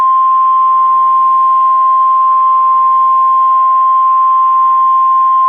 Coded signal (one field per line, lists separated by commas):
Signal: Emergency Alert System (SAME) tones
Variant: 1050 Hz attention tone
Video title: EAS in Television: "War of the Worlds"